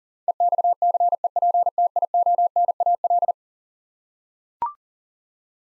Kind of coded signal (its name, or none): Morse code